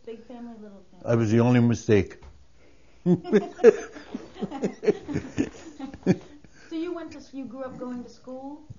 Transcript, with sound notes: Big family, or little family?
I was the only mistake. (They laugh.)
So you went to, you grew up going to school?